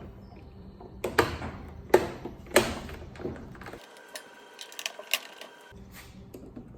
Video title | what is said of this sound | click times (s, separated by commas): Washing Machine Broken - Will Not Spin - Kenmore Whirlpool Roper | your trim molding goes on it just has clips that snap into place | 1.2 s, 1.9 s, 2.6 s